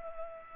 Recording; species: mosquito wingbeat signal from an infrared sensor; Culex pipiens